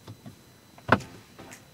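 A cabin air filter drawer, holding a newly replaced filter, is pushed back into the air conditioning housing behind the glovebox. It seats at 0.9 s with a dull thud rather than a click, followed by a few faint light knocks. The drawer is fully seated.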